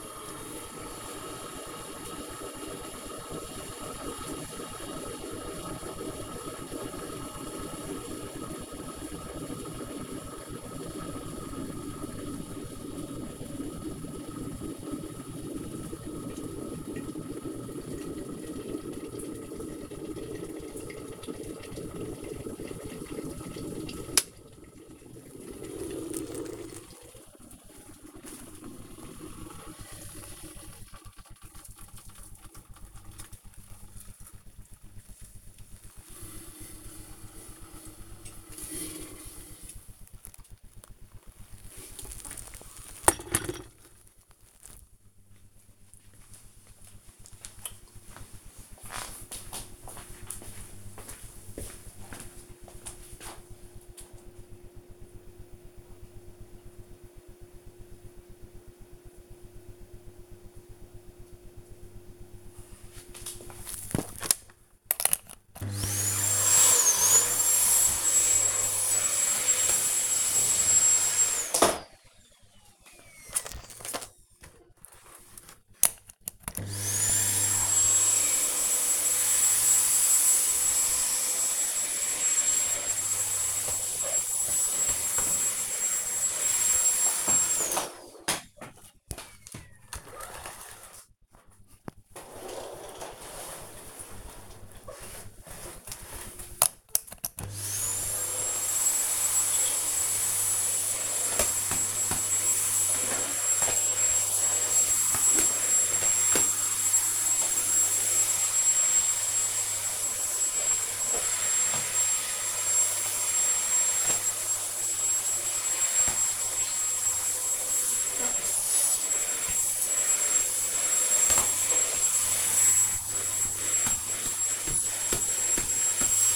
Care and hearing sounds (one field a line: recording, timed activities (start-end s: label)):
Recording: household activities, microphone on the right wrist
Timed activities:
0.00-44.14 s: making tea
65.30-126.36 s: vacuum cleaning